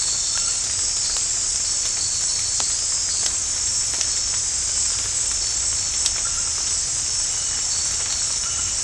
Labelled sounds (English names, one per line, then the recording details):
none
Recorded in secondary vegetation near Puerto Asís, Putumayo, Colombia, on 13 March 2025 at 23:00
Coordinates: 0.502, -76.326
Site G100